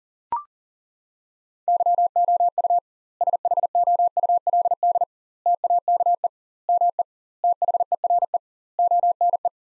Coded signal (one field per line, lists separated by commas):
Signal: Morse code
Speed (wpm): 40 wpm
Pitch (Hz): 700 Hz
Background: none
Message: YOU SHOULD TAKE ME THERE ONE